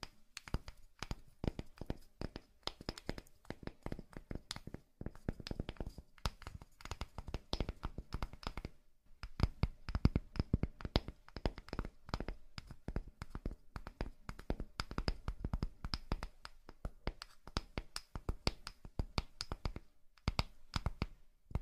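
Dry fingertip tapping, a rapid, irregular patter of crisp clicks that runs almost continuously. The taps are bright with a soft low thud beneath, and the rhythm briefly stops around 9 seconds before resuming just as densely.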